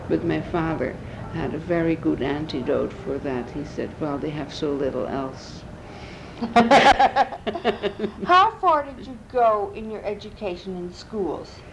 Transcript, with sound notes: But my father had a very good antidote for that. He said, "Well, they have so little else." (Laughter)
How far did you go un your education in schools?